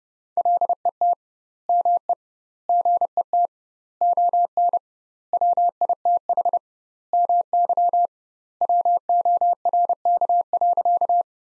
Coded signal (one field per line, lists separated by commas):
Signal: Morse code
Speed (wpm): 32 wpm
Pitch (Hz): 700 Hz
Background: none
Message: LET ME GET ON WITH MY WORK.